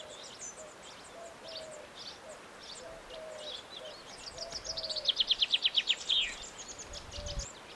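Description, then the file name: Common chaffinch song late, a rattle of loud notes ending in a flourish, over repeated low whistles. "Fringilla coelebs"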